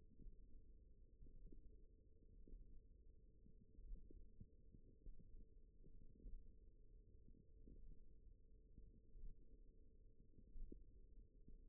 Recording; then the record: forearm muscle sounds (acoustic myography)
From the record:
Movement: index flexion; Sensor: system 1, eight BSWA MPA416 microphones around the upper forearm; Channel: 4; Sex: female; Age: 20 years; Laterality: right